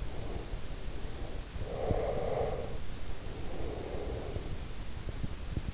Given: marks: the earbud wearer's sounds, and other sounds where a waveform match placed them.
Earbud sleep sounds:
sounds in sleep by an in-ear microphone; breath
0.00-1.45 s: breath
1.59-4.65 s: breath

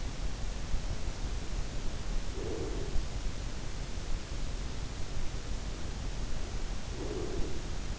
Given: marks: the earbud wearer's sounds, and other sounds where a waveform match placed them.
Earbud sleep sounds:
sounds in sleep by an in-ear microphone; breath
2.31-3.22 s: breath
6.80-7.99 s: breath

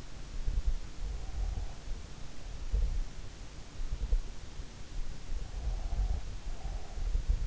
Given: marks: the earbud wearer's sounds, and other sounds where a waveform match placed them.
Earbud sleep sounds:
sounds in sleep by an in-ear microphone; breath
1.26-3.15 s: breath
5.44-7.17 s: breath

